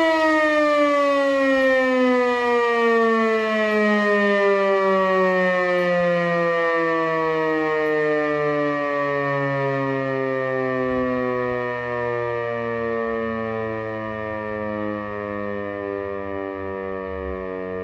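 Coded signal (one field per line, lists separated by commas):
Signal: siren signal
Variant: E57 mechanical siren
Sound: loud mechanical siren wail steadily winding down in pitch, one continuous tone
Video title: Alarmierung Sirene E57 + FME Quattro XLSi mit Alarmgeber S2000/300 | Probe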